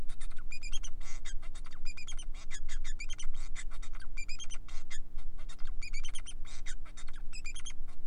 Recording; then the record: song of a male Bengalese finch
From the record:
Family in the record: son of father 4